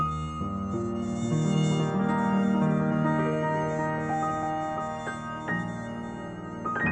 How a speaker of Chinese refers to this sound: 我完全被不错主意和两件琐事控制，他们在我快消失的意识中转来转去，像一群盯上了我的苍蝇，绕着我耳朵打圈。